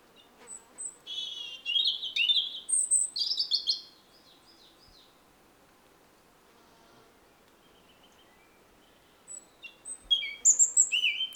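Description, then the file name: European robin song: a loud burst of rapid warbling and trills, a pause of several seconds with faint high notes, then another high, tumbling phrase. "Erithacus rubecula"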